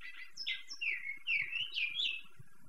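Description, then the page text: Large-billed seed finch song: clear, slurred whistles rising and falling, flowing in a short musical phrase, with faint low thumps beneath. Clear-song (canto claro, tinaquillo) style of central Venezuela (Carabobo, Yaracuy, Cojedes, Aragua); old tinaquillo of the 1960s–1980s; kept bird, Valencia, Carabobo. "Cantos Claros ( Tinaquillos ) del Centro del Pais ( Venezuela ). Cantos Claros de Pico de Plata Negro ( Oryzoborus Crassirostris ) zona del centro ( Carabobo, Yaracuy, Cojedes, Aragua ). por el senor Luis Scovino. Truquero"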